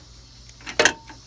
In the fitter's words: It locks. It ain't going nowhere though.